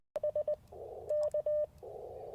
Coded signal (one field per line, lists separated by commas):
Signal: Morse code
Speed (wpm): 20 wpm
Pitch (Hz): 600 Hz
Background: none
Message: SK